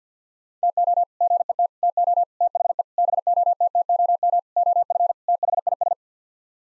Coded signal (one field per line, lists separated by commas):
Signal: Morse code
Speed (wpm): 50 wpm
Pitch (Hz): 700 Hz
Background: none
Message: TO GET TO THE BOTTOM OF THIS